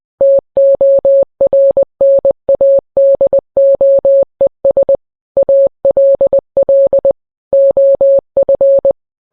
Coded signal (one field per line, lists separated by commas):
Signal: Morse code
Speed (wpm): 20 wpm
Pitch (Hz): 550 Hz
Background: none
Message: TORNADOES ALL OF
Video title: EAS alert(read disc for context) morse code